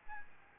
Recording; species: mosquito wingbeat signal from an infrared sensor; Aedes albopictus